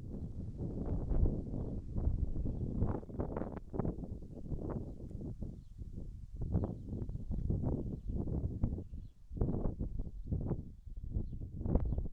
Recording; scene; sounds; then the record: everyday scene through a hearing-aid microphone; wind on the microphone; wind, birds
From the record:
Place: in front of a rural house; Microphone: behind the ear, right, front